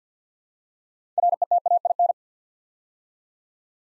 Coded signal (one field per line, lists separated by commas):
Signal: Morse code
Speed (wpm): 50 wpm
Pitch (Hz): 700 Hz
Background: none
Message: RETAIN